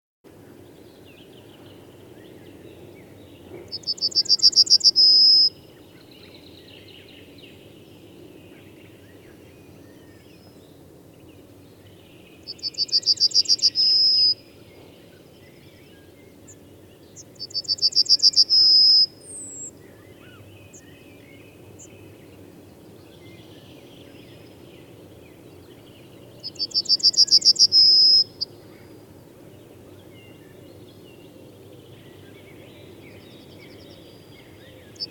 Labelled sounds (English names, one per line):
Yellowhammer song